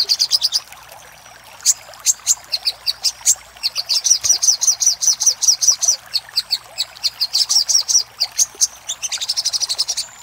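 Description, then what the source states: Little spiderhunter song: high chips delivered in quick runs, some isolated sharp notes, then a steady rapid sequence. Master recording used for training cage birds.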